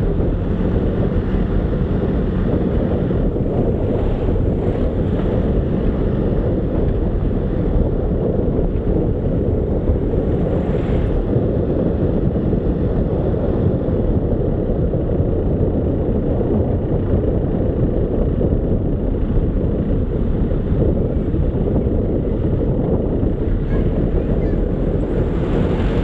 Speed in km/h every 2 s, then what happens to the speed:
29, 29, 30, 31, 34, 36, 37, 36, 32, 28, 25, 25, 28.
0-12 speeds up to 37. 12-20 slows to 25. 20-26 steady at about 25.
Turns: none.